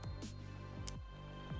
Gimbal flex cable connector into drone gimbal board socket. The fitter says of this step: like that it's gonna be a nice click and then this there's no adhesive here but tuck the cable